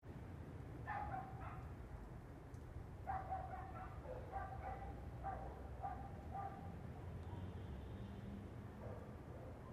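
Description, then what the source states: Dog barks, short yaps in clusters through most, over a steady low traffic rumble. Distant dogs in an urban residential area, with distant traffic in the background.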